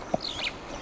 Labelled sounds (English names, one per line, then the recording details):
Superb Starling flight call
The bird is a male
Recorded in Kenya on 8 April 2009 at 10:43
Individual 59, of group MRC1